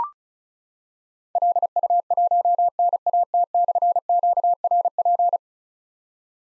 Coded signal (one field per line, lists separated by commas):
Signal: Morse code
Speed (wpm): 36 wpm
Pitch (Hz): 700 Hz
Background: none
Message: LU1NAT/QRP